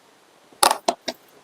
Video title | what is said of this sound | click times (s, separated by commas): surgery లేకుండా కృత్రిమ అవయవాలు..వికలాంగులకు వరం ఈహాస్పిటల్- Venkateshwara Orthocare-Dr.Ranjith Reddy | వచ్చింది కదా సౌండ్ | 0.6 s, 0.9 s, 1.1 s